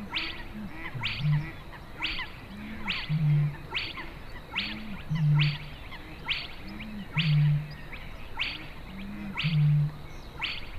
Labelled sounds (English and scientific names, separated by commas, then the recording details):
Spotted Crake (Porzana porzana) song
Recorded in the wild
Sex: male
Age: adult
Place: Warsow, Kummerower See, Mecklenburg-Vorpommern, DE
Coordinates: 53.8369, 12.8331
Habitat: wetland
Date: 2013-04-26
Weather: cloudy, weak winds, 5°C
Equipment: Sound Devices 702, Sennheiser MKH 70, Rycote Windschutz
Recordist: Frommolt, Karl-Heinz